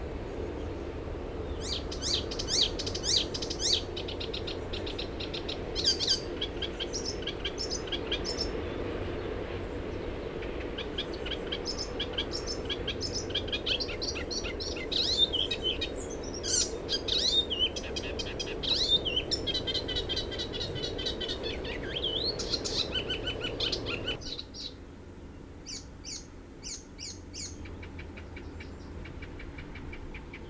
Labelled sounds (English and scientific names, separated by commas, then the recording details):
Icterine Warbler (Hippolais icterina)
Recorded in the wild
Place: Lörrach, Baden-Württemberg, DE
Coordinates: 47.6164, 7.67083
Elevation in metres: 306
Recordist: Tretzel, Erwin